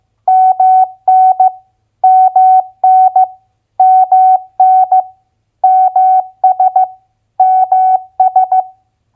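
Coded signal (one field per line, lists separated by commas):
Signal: Morse code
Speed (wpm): 15 wpm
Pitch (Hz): 750 Hz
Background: none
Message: MN MN MN MS MS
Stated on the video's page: Morse head-copy drill of US state abbreviations at 15 wpm.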